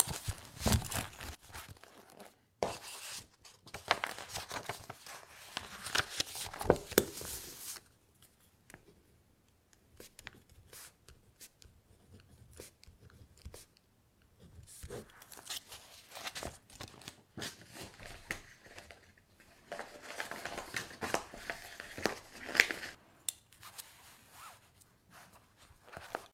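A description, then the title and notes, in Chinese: Paper sounds: writing strokes, rustling and page handling, in dense bursts of scratchy, crisp noise. Activity is busy for the first eight seconds, thins to sparse soft scrapes through the middle, then picks up again around 15 and 19–23 seconds before fading. 纸音·写字音·翻书音。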